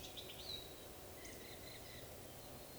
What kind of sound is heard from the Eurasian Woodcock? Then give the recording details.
whistle. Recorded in Baden-Württemberg, Germany, on 11 June 2020 at 19:45 UTC. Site 41501, 195 m above sea level